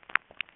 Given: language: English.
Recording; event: throat vibration sensor signal played as sound; swallow